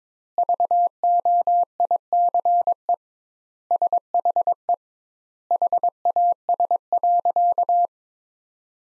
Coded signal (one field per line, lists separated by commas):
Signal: Morse code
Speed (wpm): 22 wpm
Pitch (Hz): 700 Hz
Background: none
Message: VOICE SHE HAS.